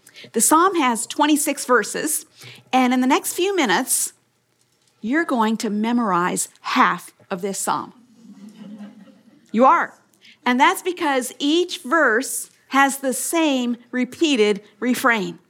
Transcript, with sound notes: The psalm has twenty-six verses, and in the next few minutes you’re going to memorize half of this psalm! (laughter) You are! That’s because each verse has the same repeated refrain.